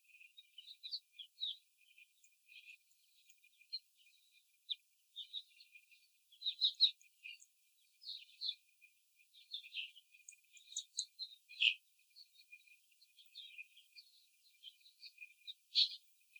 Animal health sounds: young laying hens in a cage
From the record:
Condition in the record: after the stressor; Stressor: simulated dog barking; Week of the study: 4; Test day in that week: 2

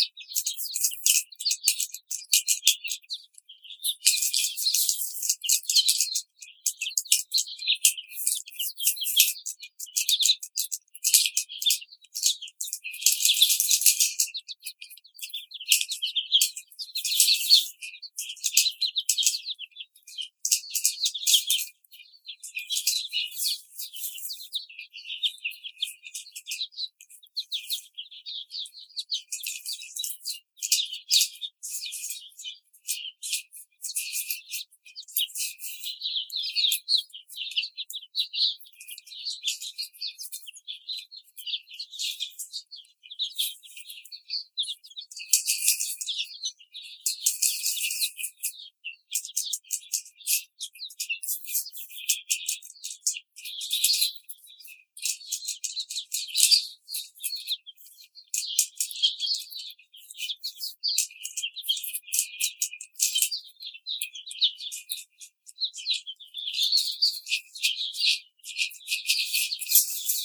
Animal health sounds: young laying hens in a cage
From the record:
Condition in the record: treatment cage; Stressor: simulated dog barking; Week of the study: 5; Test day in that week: 1

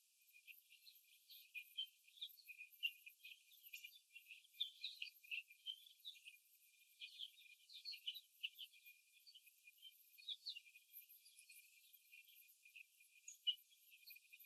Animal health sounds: young laying hens in a cage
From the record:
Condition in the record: before the stressor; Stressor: simulated dog barking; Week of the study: 2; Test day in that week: 3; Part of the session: 4

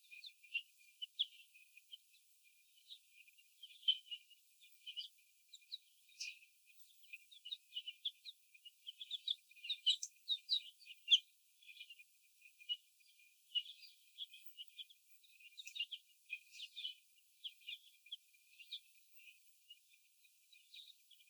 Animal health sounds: young laying hens in a cage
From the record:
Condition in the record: after the stressor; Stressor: sudden umbrella opening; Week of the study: 2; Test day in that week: 1

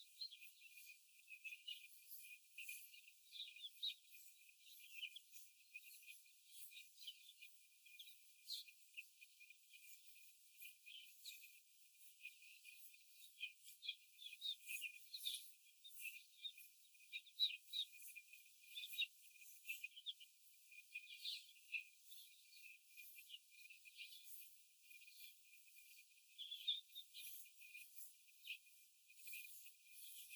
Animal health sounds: young laying hens in a cage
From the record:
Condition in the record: after the stressor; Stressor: simulated dog barking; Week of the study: 4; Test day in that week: 1

